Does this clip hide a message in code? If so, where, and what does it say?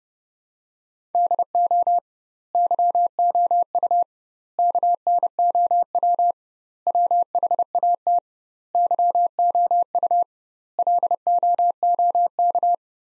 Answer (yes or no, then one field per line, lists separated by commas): yes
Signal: Morse code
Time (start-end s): 1.1-12.8 s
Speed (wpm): 30 wpm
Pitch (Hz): 700 Hz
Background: none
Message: DO YOU KNOW WHAT YOU LOOK